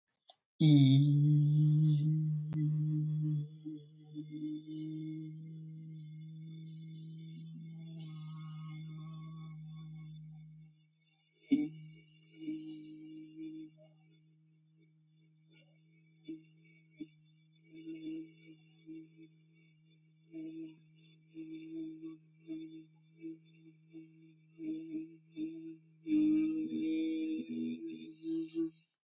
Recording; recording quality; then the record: sustained vowel as in beet; excellent, no background noise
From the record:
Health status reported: healthy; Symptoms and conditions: hypertension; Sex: male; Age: 35 years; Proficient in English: yes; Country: Canada